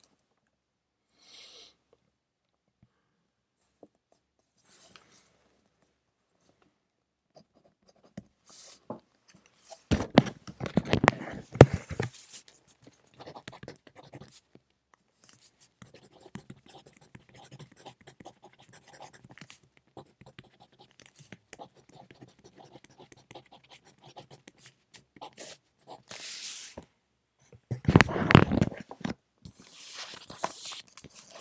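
Pencil scratching on paper while studying, in irregular bursts of writing strokes separated by quiet pauses. The loudest, densest scribbling comes around 10–12 seconds and again near 28 seconds, with softer intermittent taps and rustles between and a faint low hiss underneath.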